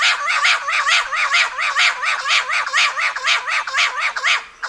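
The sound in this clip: Bird calls: a fast, steady series of short rising-falling harmonic notes, about two or three each second, continuing without a break.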